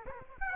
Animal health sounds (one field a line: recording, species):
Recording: mosquito wingbeat signal from an infrared sensor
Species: Aedes aegypti